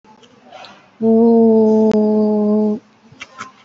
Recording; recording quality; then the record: sustained vowel as in boot; excellent, no background noise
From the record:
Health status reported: respiratory illness, not identified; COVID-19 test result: negative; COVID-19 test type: RT-PCR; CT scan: taken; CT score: 0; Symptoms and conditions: breathing difficulty, asthma, another condition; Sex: female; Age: 41 years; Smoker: no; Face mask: worn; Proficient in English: no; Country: India